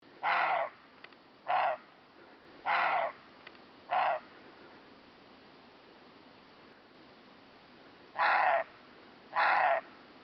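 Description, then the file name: Roe deer barking: six short, harsh, hoarse barks, four in quick irregular succession, then a pause of several seconds before two more; faint background hiss. "corzo"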